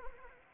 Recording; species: mosquito wingbeat signal from an infrared sensor; Anopheles arabiensis